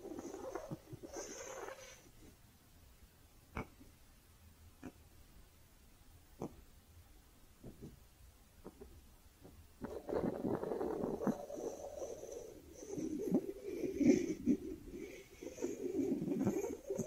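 Soft brushing with squishy, handled sounds: a dense rustle in the first two seconds, then a quiet stretch broken by sharp little taps and clicks every second or so. From about ten seconds the brushing returns, thicker and louder, with faint bright crackles above it.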